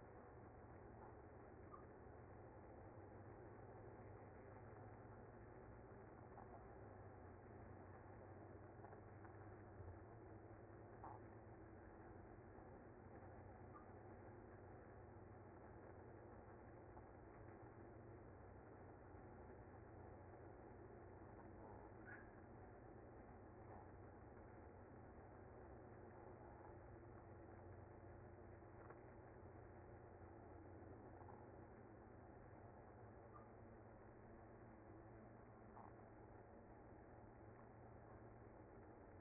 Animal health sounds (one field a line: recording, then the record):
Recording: honeybee colony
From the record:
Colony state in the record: active